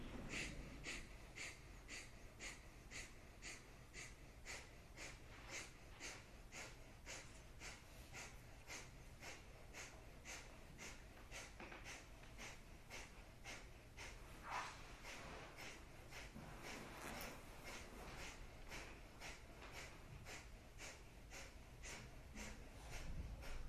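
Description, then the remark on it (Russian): Sharp, forceful nasal exhalations of kapalabhati yoga breathing repeat in a steady, quick rhythm, a little over one per second, each a short breathy puff with passive inhales between, continuing evenly with no talking. “Капалабхати, поехали.”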